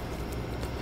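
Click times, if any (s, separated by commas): none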